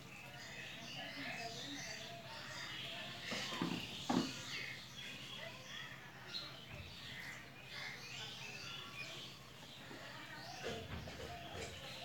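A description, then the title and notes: Birds chirp and twitter busily throughout, a dense layer of small bright calls overlapping one another. Around the fourth second and again near the eleventh, louder bursts of splashing and fluttering stand out, with a low hum and faint voices underneath. Let's enjoy the chirping and bathing of birds. The birds chirping sound and their bathing moments.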